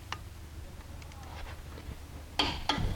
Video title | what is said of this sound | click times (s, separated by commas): 2009 Ford Edge warped front brake rotors and pads | once it clicks you're tight | 2.4 s